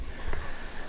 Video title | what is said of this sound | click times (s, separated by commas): Hot Pack Ground Beef In My PRESTO PRECISE DIGITAL PRESSURE CANNER #hotpack #pressurecanning | And then this slide it over until it clicks and then it's out of the way of the pressure thing that pops up. | 0.3 s